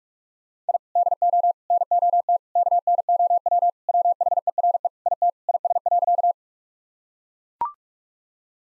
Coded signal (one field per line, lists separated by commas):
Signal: Morse code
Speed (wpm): 43 wpm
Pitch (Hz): 700 Hz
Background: none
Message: I DO NOT KNOW WHERE IT IS.